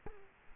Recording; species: mosquito wingbeat signal from an infrared sensor; Culex quinquefasciatus